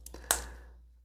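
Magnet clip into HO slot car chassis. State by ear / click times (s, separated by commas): seated / 0.3 s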